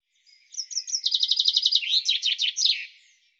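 Bird song: a few sharp, high chirps that speed into an even trill, then break into a few slower, downslurred notes at the close.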